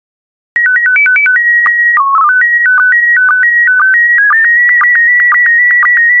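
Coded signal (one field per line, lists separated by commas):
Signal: SSTV (slow-scan television)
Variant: PD 120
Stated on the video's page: SSTV practice images in PD120 mode, made for decoding practice.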